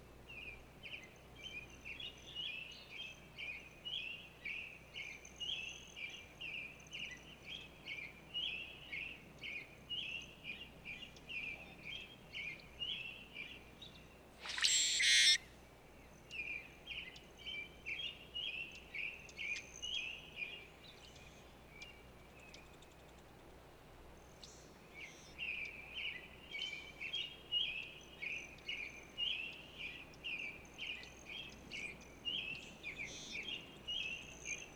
Brewer's Blackbird song recorded in Moraine Park in Rocky Mountain National Park.